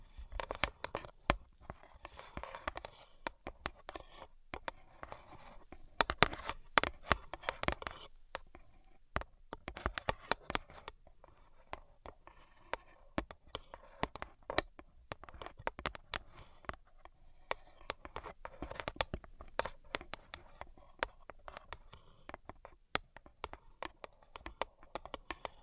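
Brain-penetrating 3D tapping: sharp, dry taps fall in quick, irregular bursts across the whole recording, with brief pauses between clusters. Some taps land harder and brighter, while softer scratchy, crunchy touches fill the gaps under a faint steady hiss.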